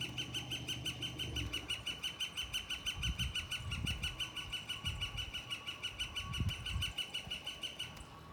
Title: Northern flicker (Colaptes auratus)